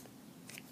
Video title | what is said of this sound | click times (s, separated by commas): SH MonsterArts Destoroyah Evolution Set Review. | Take a pen, push it, hear the click, voila. | 0.5 s, 0.6 s